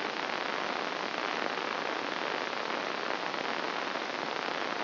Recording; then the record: brain microelectrode recording played as sound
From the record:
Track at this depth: inside the subthalamic nucleus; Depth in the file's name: 1.141 mm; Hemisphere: left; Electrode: 2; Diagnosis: Parkinson's disease